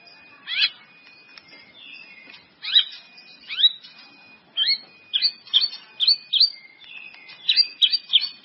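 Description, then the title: White-rumped Shama singing: sweeping rising slurs and sharp notes, sparse at first, then quickening into a rhythmic string of bright phrases. "murai batu"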